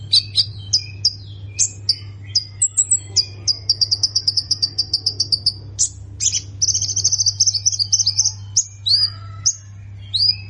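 Plain prinia singing high-pitched chirps and rapid rattling trills, one long even run midway and a buzzier rolling series later, with a constant faint low hum underneath.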